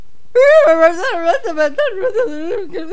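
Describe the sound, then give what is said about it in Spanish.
A woman cries and wails in a high, wavering voice, her loud sobbing rising and falling in uneven bursts for a few seconds with no other sounds around it. “En el medio de todo ese llanto, ¿de qué pasa?”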